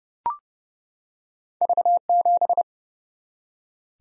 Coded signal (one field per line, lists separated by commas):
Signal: Morse code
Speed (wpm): 31 wpm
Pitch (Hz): 700 Hz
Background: none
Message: V7